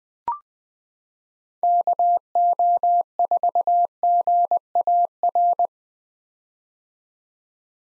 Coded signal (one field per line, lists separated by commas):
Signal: Morse code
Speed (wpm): 20 wpm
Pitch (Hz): 700 Hz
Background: none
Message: KO4GAR